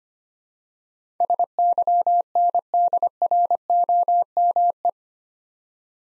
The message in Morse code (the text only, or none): SYNDROME